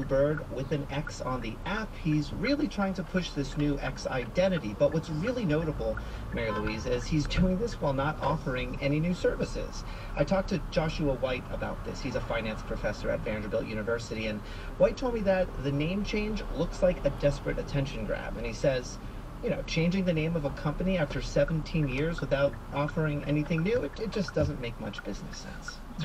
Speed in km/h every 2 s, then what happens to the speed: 8, 6, 8, 11, 13, 10, 10, 11, 11, 11, 10, 0, 0.
0-19 steady at about 10. 19-22 brakes to 0. 22-26 standing.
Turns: 0-7.